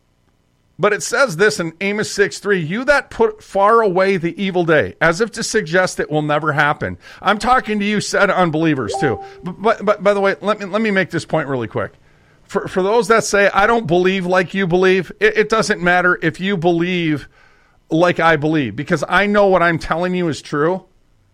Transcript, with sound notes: But it says this in Amos 6:3, "You that put far away the evil day," as if to suggest it will never happen. I'm talking to you, said unbelievers too. (ding) Bu- bu- by the way, let me, let me make this point really quick. For, for those that say, "I don't believe like you believe," it, it doesn't matter if you believe like I believe, because I know what I'm telling you is true,